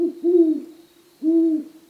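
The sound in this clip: Great Horned Owl hoots: two deep, smooth, level hoots about a second apart, against a quiet background.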